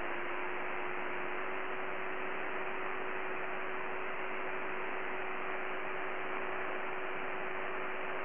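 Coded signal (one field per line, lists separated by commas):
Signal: ACARS aircraft data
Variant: HFDL (HF ACARS)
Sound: steady wideband hiss-like data rush with a faint constant low hum underneath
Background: radio static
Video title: HF ACARS USB 5514kHz Molokai Hawaii Asia pacific night time map result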